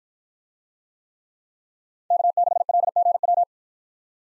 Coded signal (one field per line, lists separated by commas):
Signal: Morse code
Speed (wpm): 50 wpm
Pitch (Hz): 700 Hz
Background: none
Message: K6LGW